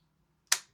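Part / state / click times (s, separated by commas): airsoft magazine into shotgun magazine well / partly seated / 0.5 s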